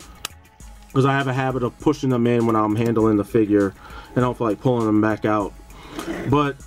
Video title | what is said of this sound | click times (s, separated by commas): Mega Steel MS-01 Tronus (IDW Megatron) Toy Review | out there and i kind of wish they popped into place like like that like the treads in the front because | 0.2 s